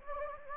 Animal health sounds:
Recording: mosquito wingbeat signal from an infrared sensor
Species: Anopheles gambiae

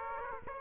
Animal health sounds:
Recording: mosquito wingbeat signal from an infrared sensor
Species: Aedes aegypti

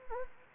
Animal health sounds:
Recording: mosquito wingbeat signal from an infrared sensor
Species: Anopheles gambiae

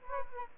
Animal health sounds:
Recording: mosquito wingbeat signal from an infrared sensor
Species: Aedes albopictus

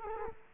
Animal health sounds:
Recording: mosquito wingbeat signal from an infrared sensor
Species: Culex quinquefasciatus

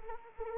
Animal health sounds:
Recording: mosquito wingbeat signal from an infrared sensor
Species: Anopheles arabiensis

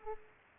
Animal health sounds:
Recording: mosquito wingbeat signal from an infrared sensor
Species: Culex pipiens

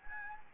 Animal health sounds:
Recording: mosquito wingbeat signal from an infrared sensor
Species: Anopheles gambiae

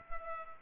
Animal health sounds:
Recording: mosquito wingbeat signal from an infrared sensor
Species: Culex pipiens

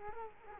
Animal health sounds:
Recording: mosquito wingbeat signal from an infrared sensor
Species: Culex quinquefasciatus

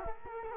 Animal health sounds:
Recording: mosquito wingbeat signal from an infrared sensor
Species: Culex quinquefasciatus

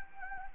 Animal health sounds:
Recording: mosquito wingbeat signal from an infrared sensor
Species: Anopheles arabiensis

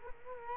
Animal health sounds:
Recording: mosquito wingbeat signal from an infrared sensor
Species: Culex quinquefasciatus

